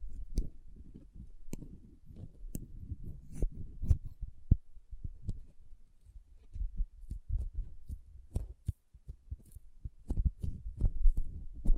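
Soft squishy, sticky handling sounds with snips of cutting, made up of low, muffled thumps and squelches in an irregular stream. Sharp bright clicks and crinkly ticks cut through every second or so, most densely after about seven seconds.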